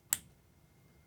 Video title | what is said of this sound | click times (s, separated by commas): GUNPLA TIP: How to Remove Seam Lines [Multiple Examples Tutorial] | There we go. Heard it pop into place. | 0.1 s